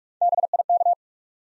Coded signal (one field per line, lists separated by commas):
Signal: Morse code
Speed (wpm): 44 wpm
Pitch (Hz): 700 Hz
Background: none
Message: BIK